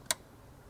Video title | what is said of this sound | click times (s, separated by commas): How to install OBD II Cruise Control for Toyota Hiace 2015 onwards | you can feel everything quite easily with your hands push it into place and you'll hear a small click | 0.1 s